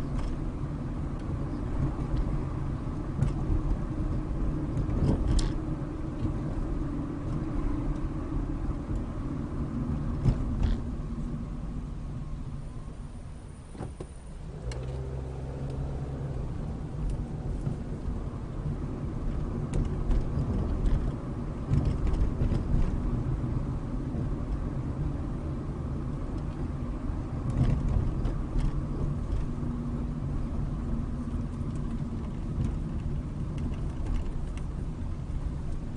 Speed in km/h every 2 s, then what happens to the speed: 32, 32, 34, 32, 26, 11, 8, 19, 24, 27, 29, 31, 29, 29, 26, 19, 19, 19.
0-6 steady at about 32. 6-11 brakes to 8. 12-22 speeds up to 31. 26-31 slows to 19.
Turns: 27-32.